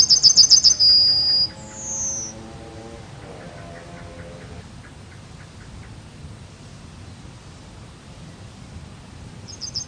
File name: Zigolo giallo